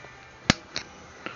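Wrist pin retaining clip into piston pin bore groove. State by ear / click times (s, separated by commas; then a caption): seated / 0.5 s. A metal wrist-pin retaining clip (circlip) is pushed into the groove of the piston pin bore while a new piston is fitted to a small two-stroke FM80 bike engine bought on eBay. It snaps in with a sharp, bright click at 0.5 s, followed by two fainter metallic ticks near 0.8 s and 1.3 s. The clip is seated in its groove.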